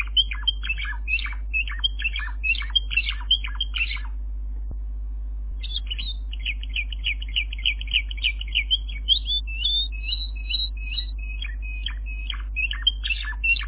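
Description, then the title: Canary song, rapid repeated chirp series, a brief pause, then fast trilled phrases resume; strong low hum in the background. "kenarijos"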